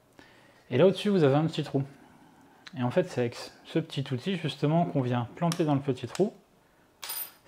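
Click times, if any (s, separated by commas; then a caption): 7.0 s. Someone talks while the small supplied release tool is pushed into the small hole on top of an Arlo wireless video doorbell. At 7.0 s a short click is heard as the latch of the closed back cover releases, freeing the back section and giving access to the battery compartment.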